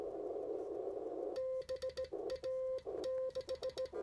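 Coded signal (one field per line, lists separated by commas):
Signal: Morse code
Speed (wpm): 18 wpm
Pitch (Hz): 520 Hz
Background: music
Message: BA6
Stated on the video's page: QRP CW contact on a NorCal 40A transceiver.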